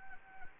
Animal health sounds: mosquito wingbeat signal from an infrared sensor; Anopheles gambiae

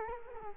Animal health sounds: mosquito wingbeat signal from an infrared sensor; Culex quinquefasciatus

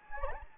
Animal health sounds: mosquito wingbeat signal from an infrared sensor; Anopheles gambiae

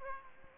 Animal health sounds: mosquito wingbeat signal from an infrared sensor; Aedes aegypti

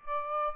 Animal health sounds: mosquito wingbeat signal from an infrared sensor; Aedes aegypti

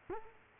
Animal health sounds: mosquito wingbeat signal from an infrared sensor; Culex quinquefasciatus

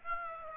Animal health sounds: mosquito wingbeat signal from an infrared sensor; Aedes aegypti

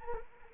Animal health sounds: mosquito wingbeat signal from an infrared sensor; Anopheles arabiensis

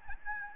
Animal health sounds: mosquito wingbeat signal from an infrared sensor; Aedes albopictus

